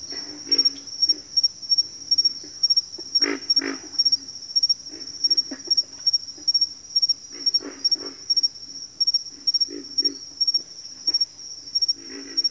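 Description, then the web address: Pig frog chorus of hoarse grunts, single and in quick pairs, under a rhythmic high cricket chirping that never stops. "Sleep Sounds of Nature. Pig Frogs"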